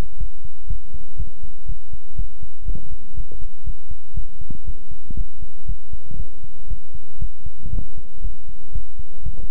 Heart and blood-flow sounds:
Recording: heart sounds by stethoscope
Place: between the tricuspid and mitral areas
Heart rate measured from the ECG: 119 bpm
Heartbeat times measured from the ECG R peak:
0.18 s: heartbeat
0.67 s: heartbeat
1.17 s: heartbeat
1.66 s: heartbeat
2.16 s: heartbeat
2.65 s: heartbeat
3.14 s: heartbeat
3.64 s: heartbeat
4.14 s: heartbeat
4.64 s: heartbeat
5.15 s: heartbeat
5.66 s: heartbeat
6.17 s: heartbeat
6.67 s: heartbeat
7.19 s: heartbeat
7.70 s: heartbeat
8.21 s: heartbeat
8.72 s: heartbeat
9.23 s: heartbeat
From the record:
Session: pedaling a stationary bicycle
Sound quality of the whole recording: good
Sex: male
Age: 24 years

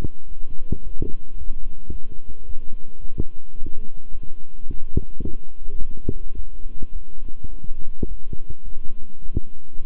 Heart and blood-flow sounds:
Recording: heart sounds by stethoscope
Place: between the tricuspid and mitral areas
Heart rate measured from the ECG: 107 bpm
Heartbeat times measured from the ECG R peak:
0.27 s: heartbeat
0.82 s: heartbeat
1.36 s: heartbeat
1.90 s: heartbeat
2.45 s: heartbeat
2.99 s: heartbeat
3.55 s: heartbeat
4.10 s: heartbeat
4.66 s: heartbeat
5.22 s: heartbeat
5.77 s: heartbeat
6.33 s: heartbeat
6.91 s: heartbeat
7.49 s: heartbeat
8.07 s: heartbeat
8.64 s: heartbeat
9.20 s: heartbeat
9.76 s: heartbeat
From the record:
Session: walking at 3.7 km/h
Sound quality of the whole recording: good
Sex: male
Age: 26 years

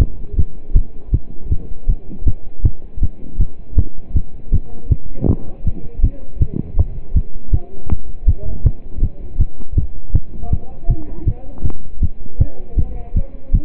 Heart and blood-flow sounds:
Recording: heart sounds by stethoscope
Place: between the tricuspid and mitral areas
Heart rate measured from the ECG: 160 bpm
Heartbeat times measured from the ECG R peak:
0.00 s: heartbeat
0.38 s: heartbeat
0.75 s: heartbeat
1.13 s: heartbeat
1.51 s: heartbeat
1.89 s: heartbeat
2.26 s: heartbeat
2.64 s: heartbeat
3.02 s: heartbeat
3.40 s: heartbeat
3.77 s: heartbeat
4.15 s: heartbeat
4.53 s: heartbeat
4.90 s: heartbeat
5.28 s: heartbeat
5.66 s: heartbeat
6.03 s: heartbeat
6.41 s: heartbeat
6.78 s: heartbeat
7.15 s: heartbeat
7.53 s: heartbeat
7.90 s: heartbeat
8.27 s: heartbeat
8.65 s: heartbeat
9.02 s: heartbeat
9.40 s: heartbeat
9.77 s: heartbeat
10.14 s: heartbeat
10.51 s: heartbeat
10.89 s: heartbeat
11.27 s: heartbeat
11.64 s: heartbeat
12.02 s: heartbeat
12.40 s: heartbeat
12.77 s: heartbeat
13.15 s: heartbeat
13.53 s: heartbeat
From the record:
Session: pedaling a stationary bicycle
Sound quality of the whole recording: partially saturated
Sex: male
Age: 27 years

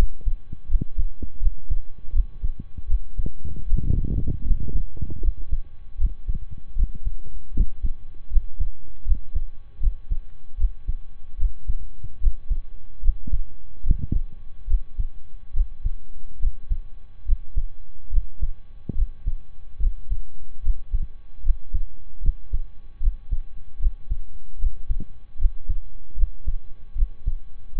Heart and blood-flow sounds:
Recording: heart sounds by stethoscope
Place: between the tricuspid and mitral areas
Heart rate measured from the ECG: 75 bpm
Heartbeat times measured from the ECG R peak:
0.67 s: heartbeat
1.39 s: heartbeat
2.12 s: heartbeat
2.87 s: heartbeat
3.66 s: heartbeat
4.44 s: heartbeat
5.21 s: heartbeat
5.97 s: heartbeat
6.75 s: heartbeat
7.53 s: heartbeat
8.29 s: heartbeat
9.04 s: heartbeat
9.80 s: heartbeat
10.57 s: heartbeat
11.37 s: heartbeat
12.19 s: heartbeat
13.01 s: heartbeat
13.83 s: heartbeat
14.66 s: heartbeat
15.53 s: heartbeat
16.39 s: heartbeat
17.24 s: heartbeat
18.10 s: heartbeat
18.94 s: heartbeat
19.79 s: heartbeat
20.62 s: heartbeat
21.42 s: heartbeat
22.21 s: heartbeat
23.00 s: heartbeat
23.79 s: heartbeat
24.58 s: heartbeat
25.38 s: heartbeat
26.15 s: heartbeat
26.95 s: heartbeat
27.74 s: heartbeat
From the record:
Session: slow and fast walking with breaks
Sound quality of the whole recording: saturated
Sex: male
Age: 25 years

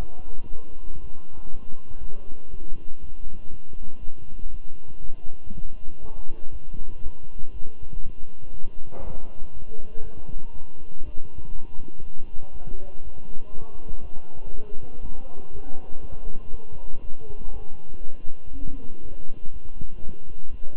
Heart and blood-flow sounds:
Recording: heart sounds by stethoscope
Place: between the tricuspid and mitral areas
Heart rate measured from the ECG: 120 bpm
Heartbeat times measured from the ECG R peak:
0.50 s: heartbeat
1.00 s: heartbeat
1.50 s: heartbeat
1.99 s: heartbeat
2.50 s: heartbeat
3.00 s: heartbeat
3.49 s: heartbeat
3.99 s: heartbeat
4.50 s: heartbeat
5.00 s: heartbeat
5.51 s: heartbeat
6.01 s: heartbeat
6.51 s: heartbeat
7.02 s: heartbeat
7.52 s: heartbeat
8.02 s: heartbeat
8.52 s: heartbeat
9.03 s: heartbeat
9.53 s: heartbeat
10.03 s: heartbeat
10.53 s: heartbeat
11.04 s: heartbeat
11.54 s: heartbeat
12.03 s: heartbeat
12.53 s: heartbeat
13.03 s: heartbeat
13.52 s: heartbeat
14.01 s: heartbeat
14.50 s: heartbeat
15.00 s: heartbeat
15.51 s: heartbeat
16.00 s: heartbeat
16.50 s: heartbeat
17.01 s: heartbeat
17.52 s: heartbeat
18.02 s: heartbeat
18.51 s: heartbeat
19.01 s: heartbeat
19.52 s: heartbeat
20.01 s: heartbeat
20.50 s: heartbeat
From the record:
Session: walking at 3.7 km/h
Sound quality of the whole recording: good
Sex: male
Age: 23 years

